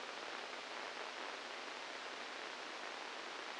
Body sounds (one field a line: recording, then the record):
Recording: brain microelectrode recording played as sound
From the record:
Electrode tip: inside the subthalamic nucleus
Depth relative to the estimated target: 1 mm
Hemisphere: left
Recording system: NeuroSet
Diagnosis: Parkinson's disease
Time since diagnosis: 12 years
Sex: male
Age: 61 years